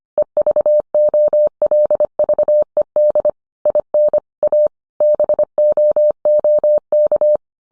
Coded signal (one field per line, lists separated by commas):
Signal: Morse code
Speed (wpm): 25 wpm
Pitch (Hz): 600 Hz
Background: none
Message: EVOLVED IN A BOOK